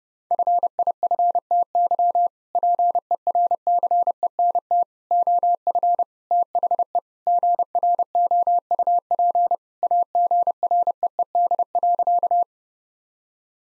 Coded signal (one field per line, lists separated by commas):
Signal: Morse code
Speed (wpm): 32 wpm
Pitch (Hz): 700 Hz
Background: none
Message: FIFTY PERCENT OF THE GROUP AGREED.